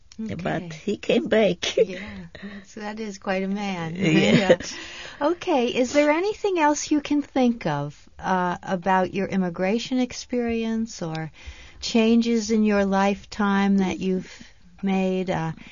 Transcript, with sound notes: But he came back (laughs)
Yes, that is quite a man. Okay. Is there anything else you can think of about your immigration experience or changes in your lifetime that you've made,